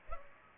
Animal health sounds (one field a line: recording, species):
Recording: mosquito wingbeat signal from an infrared sensor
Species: Culex pipiens